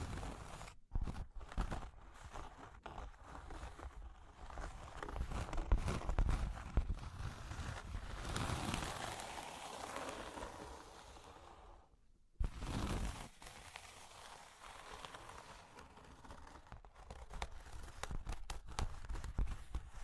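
Cork and wood being tapped, scratched and traced, a busy run of dry knocks and rough scraping that rarely lets up. The scratching swells thicker and brighter around the middle, then stops dead near twelve seconds before tapping and rubbing resume.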